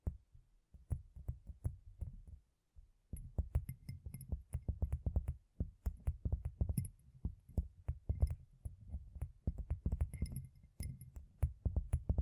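Gem-covered fingertips tap in quick, uneven clusters, each tap a soft low thud with a faint bright click on top. A near-silent pause falls around two to three seconds, then the tapping resumes denser and steadier, with light scratchy ticks scattered through it.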